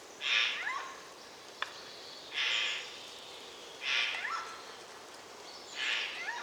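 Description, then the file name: Eurasian jay giving four harsh, rasping screeches roughly every one and a half to two seconds over a steady hiss of background noise. "Garrulus glandarius"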